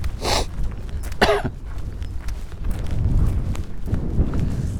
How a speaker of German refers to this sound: Ich kann halt nichts für meinen Husten.